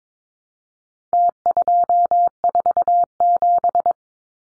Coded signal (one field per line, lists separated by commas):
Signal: Morse code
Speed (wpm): 22 wpm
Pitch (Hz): 700 Hz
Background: none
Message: T247